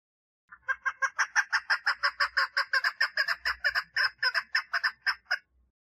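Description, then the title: Partridge giving a long run of rapid, rough chuck notes. "Perdiz Cantando"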